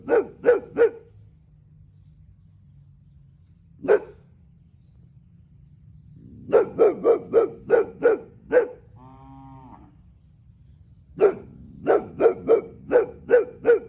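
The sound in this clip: Boxer dog barking in rapid series of barks, with a single bark between bursts and a brief whine in a pause.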